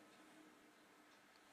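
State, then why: Not seated. A pistol with an attached weapon light is being pushed back into a custom kydex holster, with only a faint, steady handling hiss and no sharp transients. Nothing has seated or clicked yet, and the clip ends before the pistol snaps home.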